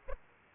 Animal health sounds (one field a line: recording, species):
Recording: mosquito wingbeat signal from an infrared sensor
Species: Aedes aegypti